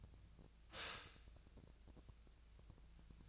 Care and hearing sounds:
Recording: daily activity, microphone in the room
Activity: stop toaster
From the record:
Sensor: 2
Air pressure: 1000.0 hPa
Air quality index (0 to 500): 149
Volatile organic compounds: 2 ppm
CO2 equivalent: 1260 ppm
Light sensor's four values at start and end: 26/65/28/30 and 26/65/28/30

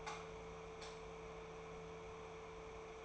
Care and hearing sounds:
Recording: daily activity, microphone in the room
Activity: light off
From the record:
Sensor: 1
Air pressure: 1014.7 hPa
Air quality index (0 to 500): 177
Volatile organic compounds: 15 ppm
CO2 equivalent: 2500 ppm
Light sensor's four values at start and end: 42/112/47/56 and 39/98/41/51

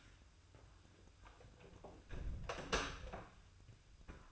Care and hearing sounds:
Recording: daily activity, microphone in the room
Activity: close door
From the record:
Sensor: 2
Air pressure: 1004.6 hPa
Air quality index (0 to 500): 75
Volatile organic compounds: 1 ppm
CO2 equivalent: 892 ppm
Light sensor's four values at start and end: 7/16/7/7 and 7/16/6/7

